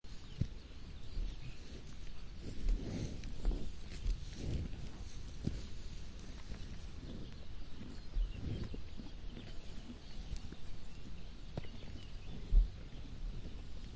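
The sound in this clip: Cow chewing and breathing: soft, low, irregular smacking thuds and rustles throughout, with a sharper knock near the end.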